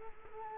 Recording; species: mosquito wingbeat signal from an infrared sensor; Culex quinquefasciatus